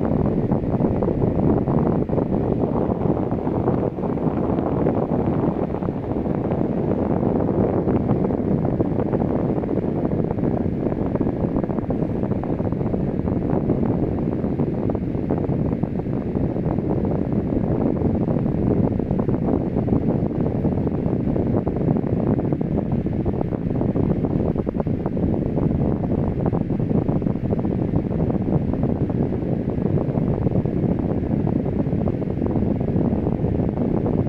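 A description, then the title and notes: A fan runs steadily for the whole stretch, a dense, even whoosh with a low, rumbling body and a fluttery, slightly rough texture. The level never changes, and there are no distinct events, only the constant churn of moving air. ASMR Ambience. Fan Sound.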